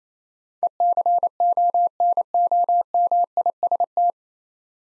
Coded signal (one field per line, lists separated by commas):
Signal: Morse code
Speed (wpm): 28 wpm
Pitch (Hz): 700 Hz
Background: none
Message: ECONOMIST